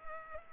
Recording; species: mosquito wingbeat signal from an infrared sensor; Culex pipiens